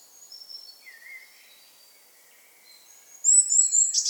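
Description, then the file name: Eurasian blue tit giving faint thin high whistles and a lower slurred note, then a louder run of sharp high whistles ending in a buzzy burst. "Cyanistes caeruleus"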